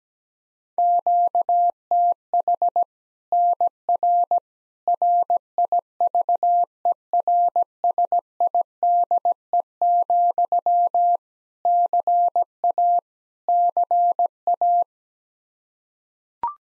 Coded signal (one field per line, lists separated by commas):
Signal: Morse code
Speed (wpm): 17 wpm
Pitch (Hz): 700 Hz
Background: none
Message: QTH NR RIVERSIDE, CA CA